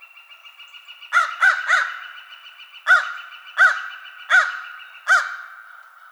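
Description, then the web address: American crow cawing: harsh, hoarse caws, a quick trio followed by four more spaced under a second apart, over a steady faint background tone. Recorded 22 March 2007. "American Crow 2007 03 22"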